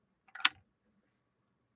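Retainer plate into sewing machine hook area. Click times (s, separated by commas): 0.5 s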